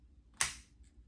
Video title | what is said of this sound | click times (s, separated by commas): How to disassemble a hp compaq nc8430 | you hear it clip like that. That's when it lifts us up. | 0.4 s